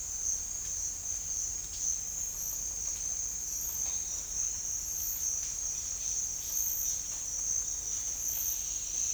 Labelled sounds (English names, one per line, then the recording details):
none
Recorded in dense forest near Puerto Asís, Putumayo, Colombia, on 26 December 2024 at 07:30
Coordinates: 0.484, -76.325
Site G056